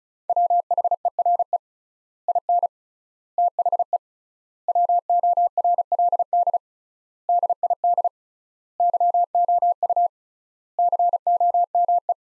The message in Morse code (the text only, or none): WHERE IN THE WORLD DID YOU COME